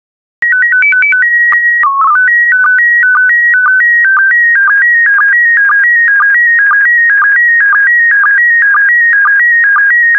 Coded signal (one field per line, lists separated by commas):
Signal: SSTV (slow-scan television)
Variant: PD 120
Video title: 134034 Cheetahs, Leopards and Jaguars SSTV PD120